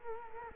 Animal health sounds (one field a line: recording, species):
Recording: mosquito wingbeat signal from an infrared sensor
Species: Culex quinquefasciatus